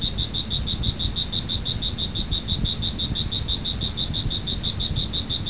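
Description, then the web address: Cricket chirping, an even stream of shrill pulses several per second, over a low background rumble. "特酷声音素材库 动物 昆虫 蟋蟀"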